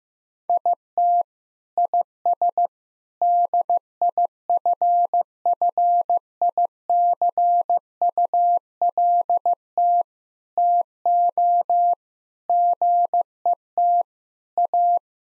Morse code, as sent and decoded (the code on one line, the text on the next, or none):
.. - / .. ... / -.. .. ..-. ..-. .. -.-. ..- .-.. - / - --- / --. . - / .-
IT IS DIFFICULT TO GET A